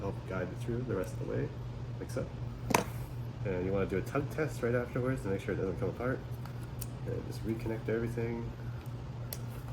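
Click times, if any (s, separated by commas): 2.8 s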